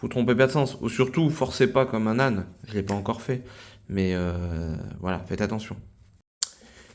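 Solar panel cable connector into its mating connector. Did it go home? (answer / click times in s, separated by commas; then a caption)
yes / 6.4 s. A man talks while pushing a keyed solar panel cable connector, which has a small notch that must line up, into its mating connector; the connector belongs to a 3 kW self-consumption solar panel kit from MaterFrance. After a brief quiet gap, a single sharp click sounds at 6.4 s. The connector is clipped together, with its back screwed tight and nothing protruding, so it is watertight.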